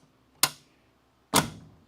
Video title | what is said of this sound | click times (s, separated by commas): The Crew Cab Charger! (Part 14) | Just the latch hitting the striker. That's exactly aligned. It's perfect. | 0.4 s